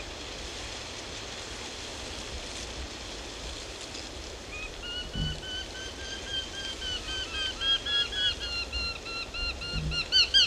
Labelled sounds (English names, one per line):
Eurasian Hobby call